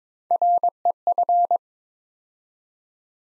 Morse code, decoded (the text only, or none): REF